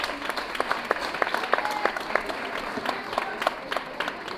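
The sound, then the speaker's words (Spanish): A concert crowd applauds steadily, dense overlapping claps with sharper individual claps popping out, sustained at a moderate level for several seconds. “Un aplauso allá.”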